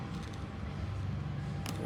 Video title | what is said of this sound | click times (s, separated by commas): How to replace iPhone 13 Pro 13 full screen LCD Replacement | all right all right when you hit the click sound then you can slowly lift the screen up but | 1.7 s